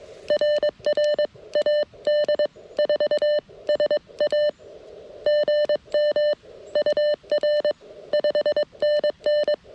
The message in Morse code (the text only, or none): RR AD4SA GM UR 5NN